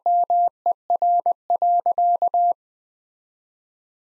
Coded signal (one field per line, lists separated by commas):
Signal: Morse code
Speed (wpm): 20 wpm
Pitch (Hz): 700 Hz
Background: none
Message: MER.